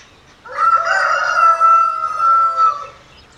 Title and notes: Recording of the soundscape of the Nkolmbong-Nord neighborhood, Émana, Yaoundé 1, Cameroon. December 20, 2023, 6:32 a.m. Sounds captured: birds, roosters, sounds at dawn.